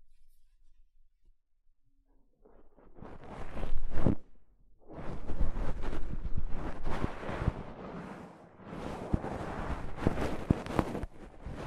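Soft fabric brushes against a microphone in rough, rustling bursts. After nearly two seconds of near silence, scratchy swishes build to a loud peak around four seconds, stop briefly, then resume in dense, uneven strokes with sharper scrapes until the end.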